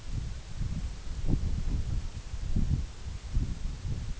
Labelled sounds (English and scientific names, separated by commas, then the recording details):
none
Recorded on Arctic tundra, site EABA-MC, on 21 June 2019
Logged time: 20:00